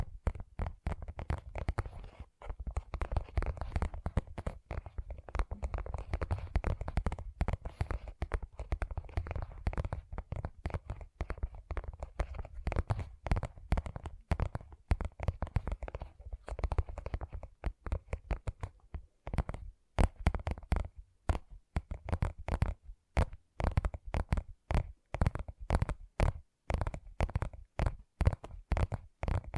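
Gentle tapping in quick, uneven bursts, each tap a short sharp click. The first half is denser, with soft low rumbling under closely packed taps; after about 18 seconds the taps grow sparser and crisper, separated by brief silences.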